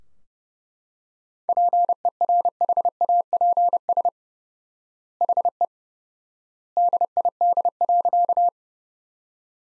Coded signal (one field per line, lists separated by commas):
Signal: Morse code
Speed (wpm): 30 wpm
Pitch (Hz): 700 Hz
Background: none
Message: PERHAPS HE DID.